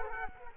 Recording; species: mosquito wingbeat signal from an infrared sensor; Culex quinquefasciatus